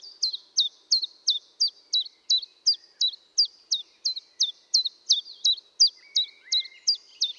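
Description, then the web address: Common chiffchaff song, a steady run of sharp two-pitched notes alternating high and slightly lower, about three per second; a faint lower chirp near the end. Recorded at Valsolda. "cibra valsolda. Lui piccolo"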